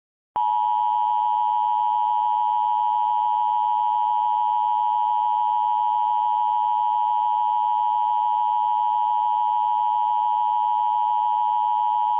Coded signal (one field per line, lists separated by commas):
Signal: Emergency Alert System (SAME) tones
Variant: 853 and 960 Hz attention tone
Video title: EAS Classic: My First EAS Created on a Mac